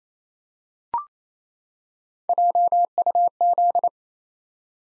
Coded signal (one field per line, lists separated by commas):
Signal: Morse code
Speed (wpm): 29 wpm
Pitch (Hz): 700 Hz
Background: none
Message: JUZ